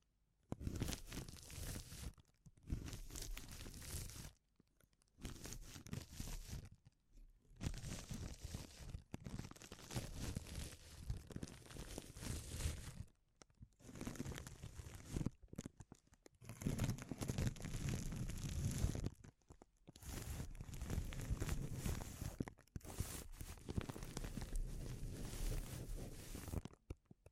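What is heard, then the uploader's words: Sensitive crinkles: dense, crackling bursts of crinkling and crumpling, with soft tearing and crunching textures. The sound comes in stretches of a few seconds, broken by short silent gaps about every three to four seconds, and runs steady in loudness. ASMR Sensitive Crinkles (No Talking).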